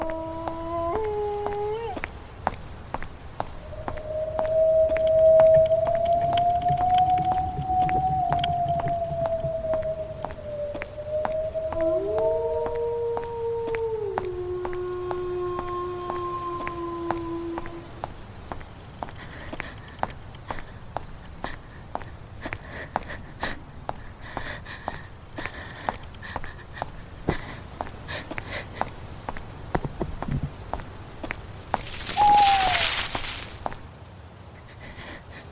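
A horror night ambience: long, eerie sliding moans rise and bend through the first half, some overlapping, then fade by about eighteen seconds. A steady patter of sharp ticks like dripping rain runs throughout over a low rumble, with a brief hissing burst near thirty-two seconds.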